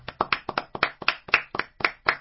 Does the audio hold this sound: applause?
yes